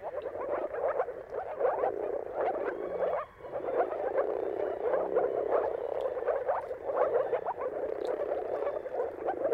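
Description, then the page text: Moor frog chorus of low, soft bubbling calls, densely overlapping, briefly dipping at one point, with little else heard. Moor frogs giving mating calls in a chorus at sunrise, at the turn of March and April, timing depending on the weather. "Dawn’s Chorus: Mating Calls of Marsh Frogs at Sunrise. Depending on the weather at the turn of March and April, you can witness an amazing spectacle of moor frogs. Jakub Orzecki"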